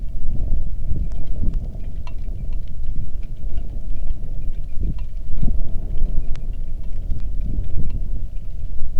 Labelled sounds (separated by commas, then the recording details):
waterfowl, wind, rain
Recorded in the Arctic National Wildlife Refuge, Alaska, on 3 August 2019 at 09:58
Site 46